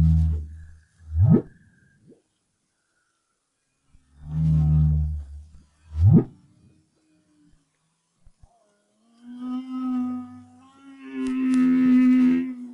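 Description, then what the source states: Humpback whale song: deep pulsed grunts around low pitch alternating with sharp rising whoops, then long harmonic moans that swell and hold near the end. 2011, BRAHSS project.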